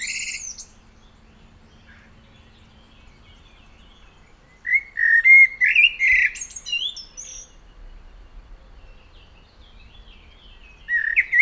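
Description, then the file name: Common blackbird singing: a short whistled phrase at the start, then after a pause a fuller warbled phrase ending in high squeaky twitters, and another whistled phrase at the end. "Turdus merula"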